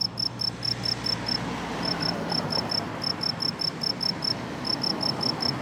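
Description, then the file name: Cricket song, crisp high chirps in quick runs over low background hum. "grillon"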